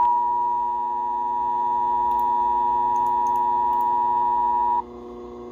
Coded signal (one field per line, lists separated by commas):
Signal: Emergency Alert System (SAME) tones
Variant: 853 and 960 Hz attention tone